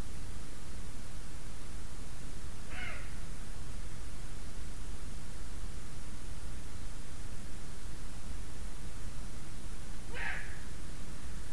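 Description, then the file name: Eurasian eagle-owl giving two short harsh calls about seven seconds apart, over continuous hiss. "puchacz zwyczajny Bubo bubo"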